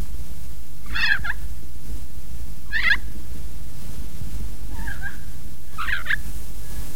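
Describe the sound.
Kaka calling with four rasping, quavering squawks spaced one to two seconds apart, set against a constant low background rumble.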